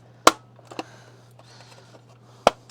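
A plastic part is pressed again into an Agora Models 1/16 scale Leopard 2A6 Main Battle Tank partwork kit assembly (pack 9, build stages 70 to 77), giving loud, sharp snaps at 0.3 s and 2.5 s with a few faint ticks in between over a low steady hum. The part seats with that final click.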